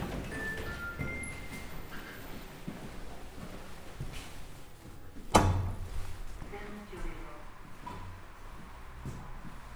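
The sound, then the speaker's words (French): Elevator doors open at the ground floor with a single sharp mechanical clunk midway, followed by a brief low rumble of sliding, over steady background hum and faint murmuring voices. “Ouverture des portes.”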